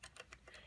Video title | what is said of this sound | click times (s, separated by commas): How to use the Needle Threader on a Sewing Machine and more re threading | stick it in and you must hear it click on this machine | 0.0 s